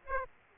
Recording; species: mosquito wingbeat signal from an infrared sensor; Aedes aegypti